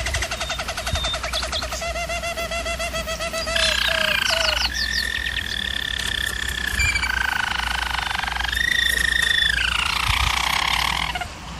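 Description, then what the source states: German Roller canary song opening with fast pulsed trills, then shifting into smooth sustained rolls at changing pitches; low hum throughout. Singing, used for canary song training.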